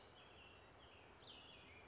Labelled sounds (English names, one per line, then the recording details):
Cassin's Vireo
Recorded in Sonoma County, California